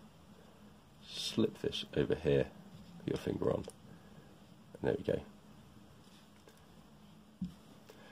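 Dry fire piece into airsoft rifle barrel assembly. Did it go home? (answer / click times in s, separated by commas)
no / none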